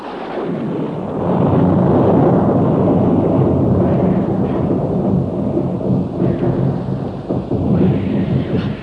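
A thunderstorm in a forest: deep, rolling thunder rumbles loudly and continuously over the steady hiss of pouring rain, with no voices.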